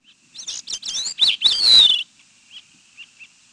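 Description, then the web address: Gray-cheeked thrush song: a burst of thin, reedy fluting notes ending in a slurred descending whistle, followed by a few soft short notes. "Peterson North American Birds. gcth"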